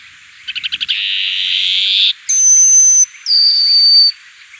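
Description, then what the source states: Plain-colored seedeater song: a quick series of pulsed notes runs into a long buzzy trill, followed by two steady high whistles, each about one second long. Recorded in Ecuador.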